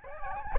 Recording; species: mosquito wingbeat signal from an infrared sensor; Aedes albopictus